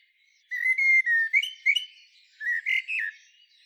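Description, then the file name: Eurasian blackbird song: two fluty whistled phrases with squeaky notes, separated by a short pause. "Turdus merula"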